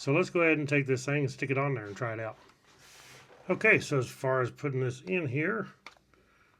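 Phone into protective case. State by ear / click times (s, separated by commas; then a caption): not seated / none. Someone talks while handling a phone and a protective case it is about to be pressed into, with a short pause of soft handling noise in the middle and two brief sharp taps near 5.9 s and 6.1 s. The phone has not snapped into the case yet; nothing has seated.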